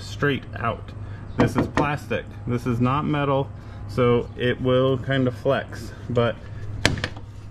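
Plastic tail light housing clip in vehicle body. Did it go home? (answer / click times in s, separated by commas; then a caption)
released / 6.9 s. On a 2021+ Ford Bronco, fingers pull the plastic tail light housing straight out of the vehicle body while someone talks. The retaining clip lets go with a sharp pop at 6.8 seconds, followed by a few small clicks as the housing comes free.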